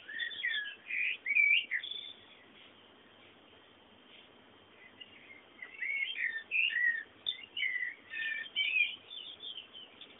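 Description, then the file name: Bird song: bursts of jumbled chirped and whistled notes at the start and again from six seconds on, separated by a stretch of faint hiss. Background birdsong. "fondo pajaros"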